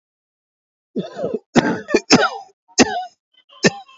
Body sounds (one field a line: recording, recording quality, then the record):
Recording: heavy voluntary cough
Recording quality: moderate, slight background noise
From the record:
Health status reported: healthy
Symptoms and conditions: none ticked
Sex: male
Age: 32 years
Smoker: not ticked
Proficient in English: yes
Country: India